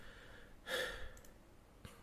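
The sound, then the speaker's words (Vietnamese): One audible breath, a soft, breathy rush lasting under half a second with a slight hum in it, then a short, fainter puff of air a moment later. No one speaks. “Em thở thở cái.”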